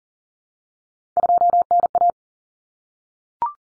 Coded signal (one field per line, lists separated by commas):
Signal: Morse code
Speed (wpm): 40 wpm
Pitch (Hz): 700 Hz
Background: none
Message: 2NA